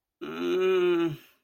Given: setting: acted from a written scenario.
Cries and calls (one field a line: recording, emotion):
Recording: vocal sound without words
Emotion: guilt